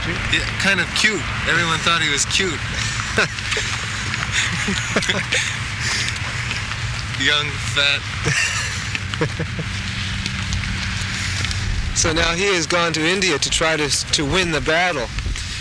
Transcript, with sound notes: Yeah, kind of cute. Everyone thought he was cute. [laughter] Young, fat...
So now he has gone to India to try to win the battle,